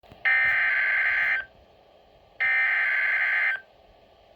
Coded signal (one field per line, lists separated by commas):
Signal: Emergency Alert System (SAME) tones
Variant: header bursts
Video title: DOUBLE HEADER - 2 Severe Thunderstorm Warnings (EAS #25-26)